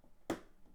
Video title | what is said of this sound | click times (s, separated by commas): LEGO Space Shuttle building guide 2023 | click there you go that's one in | 0.3 s